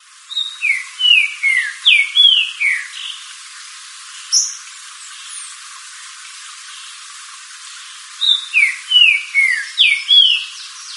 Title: Trinca Ferro Cantando